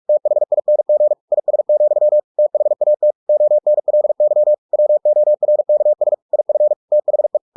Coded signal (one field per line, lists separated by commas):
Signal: Morse code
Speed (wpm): 46 wpm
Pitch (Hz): 600 Hz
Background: none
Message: THING IS, THAT ONLY WORKS IF THE